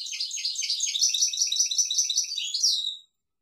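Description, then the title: European goldfinch delivering a continuous rapid twittering song of mixed chirps and liquid trills, ending with a falling note before silence. "Chant Chardonneret"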